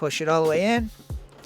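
A drawer box is handled on the slide rails of its cabinet while someone talks over music, followed by a couple of faint knocks near 1.1 and 1.3 seconds. The drawer has not yet been pushed all the way in, and nothing has seated or clicked yet.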